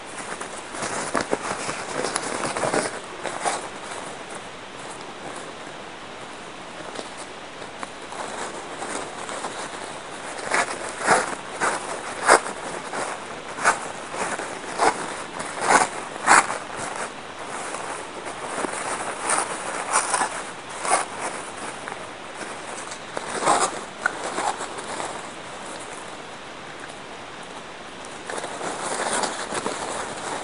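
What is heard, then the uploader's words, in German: Paper napkins are crinkled and folded into roses, with dry rustling bursts coming every second or so over a steady soft hiss. Handling grows busier and louder around 12, 16 and 23 seconds, then settles into quieter crackling toward the end. Serviettenrosen Basteln.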